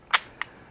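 A fully loaded five-round magazine is inserted from the front of a Chiappa LTL Charlie less-lethal launcher, giving a sharp click at 0.1 s (0.15 s) and a second, shorter click at 0.4 s (0.42 s) over a quiet background. The magazine is seated and engaged in the launcher.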